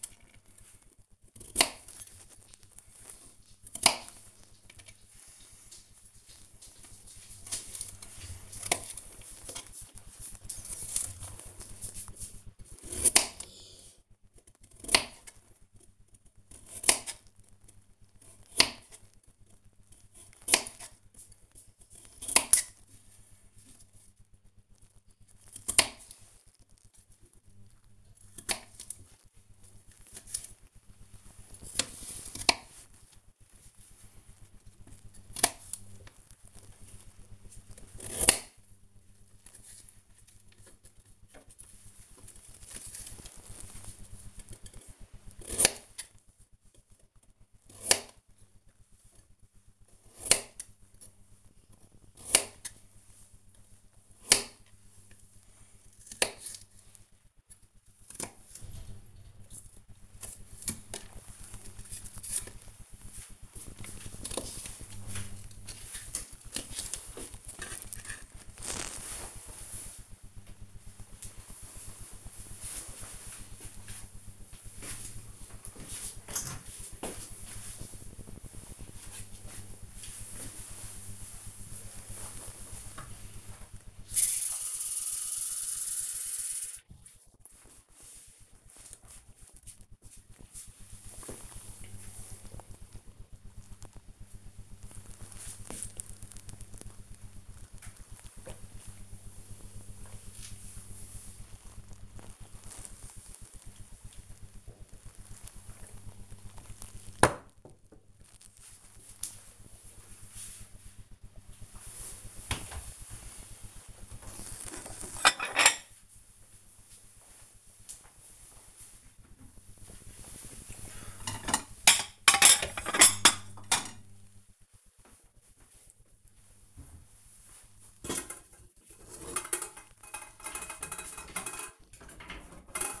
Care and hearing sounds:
household activities, microphone on the right wrist
0.00-67.59 s: cutting vegetables
82.68-106.87 s: drinking
113.92-133.00 s: putting away the dishes

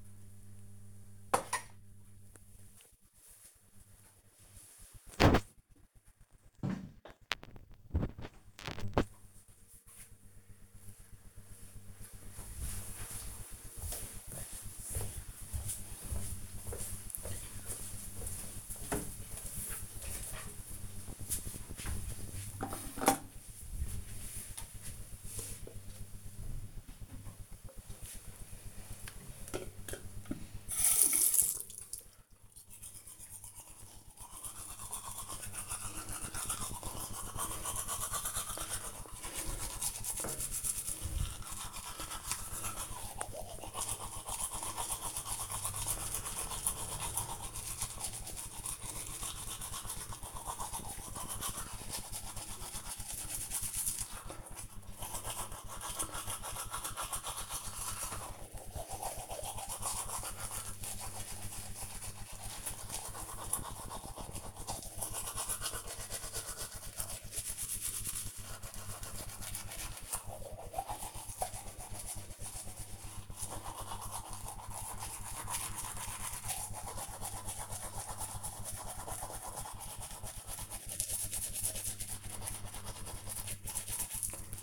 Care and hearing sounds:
household activities, microphone on the right wrist
0.00-8.03 s: putting away the dishes
26.13-84.63 s: brushing teeth

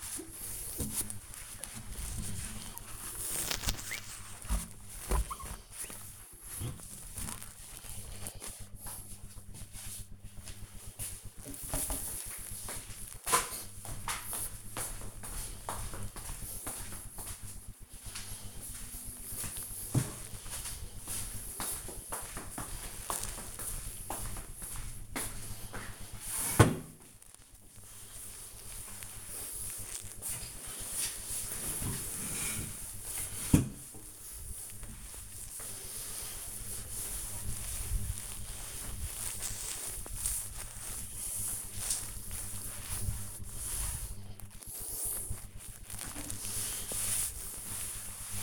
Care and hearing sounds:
household activities, microphone on the right wrist
0.00-8.62 s: window cleaning
25.74-48.43 s: cleaning table

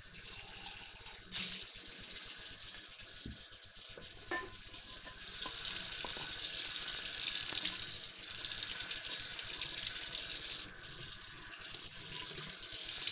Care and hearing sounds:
household activities, microphone on the right wrist
0.00-13.12 s: washing dishes

